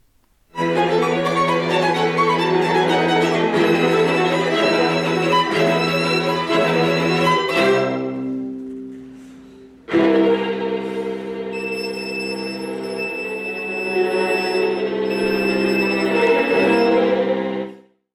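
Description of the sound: A string quartet plays full chords, fades to a brief near-silence, then resumes. In the last third, a piercing, sustained high violin note rises above the other instruments. It is a musical imitation of tinnitus, a persistent high-pitched ringing.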